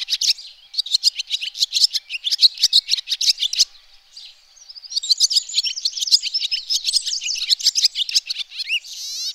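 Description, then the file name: Swallow chattering song: fast, scratchy chirps pour out, pause briefly, then resume as a higher, warbling stream of twitters. "golondrina"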